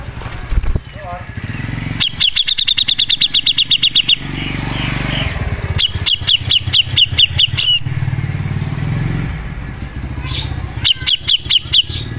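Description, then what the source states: Grey-cheeked bulbul giving several bursts of rapid, ticking high notes, each lasting about two seconds, with a low engine-like rumble between the bursts. Masteran (tutor) recording of the cucak jenggot, used as training audio for caged birds.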